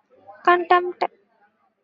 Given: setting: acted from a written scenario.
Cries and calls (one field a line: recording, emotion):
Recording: vocal sound without words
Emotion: contempt